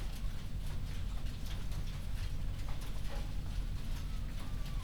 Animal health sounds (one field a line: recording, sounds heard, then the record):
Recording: poultry house recording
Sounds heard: healthy chickens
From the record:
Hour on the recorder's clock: 0